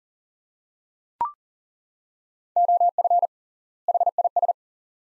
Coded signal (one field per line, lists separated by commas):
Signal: Morse code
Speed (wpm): 40 wpm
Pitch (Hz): 700 Hz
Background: none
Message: OF HIS